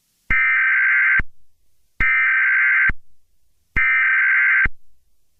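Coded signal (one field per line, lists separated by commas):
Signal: Emergency Alert System (SAME) tones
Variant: header bursts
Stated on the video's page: Fictional Emergency Alert System scenario, not a real alert.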